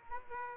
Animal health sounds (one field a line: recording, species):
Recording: mosquito wingbeat signal from an infrared sensor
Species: Aedes aegypti